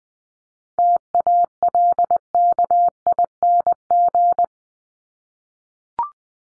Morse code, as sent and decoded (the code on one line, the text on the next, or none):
- .- .-.. -.- .. -. --.
TALKING